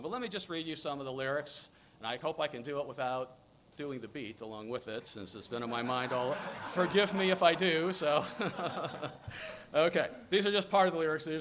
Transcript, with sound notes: But let me just read you some of the lyrics, and I hope I can do it without doing the beat along with it, since it's been on my mind all week. (Laughter) Forgive me if I do. Okay, these are just part of the lyrics.